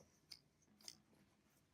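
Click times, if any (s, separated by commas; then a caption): 0.3 s, 0.9 s. The two metal harness tongues of an infant car seat are pushed into the plastic crotch buckle. Two sharp clicks sound at 0.3 s and 0.9 s as each tongue latches, and the harness is buckled in.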